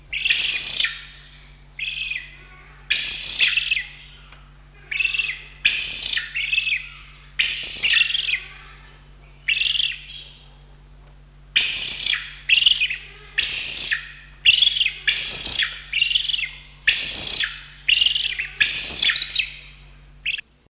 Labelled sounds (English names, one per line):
African Sacred Ibis call